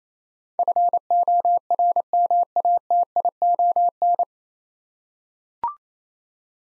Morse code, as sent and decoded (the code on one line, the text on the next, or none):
..-. --- .-. -- .- - .. --- -.
FORMATION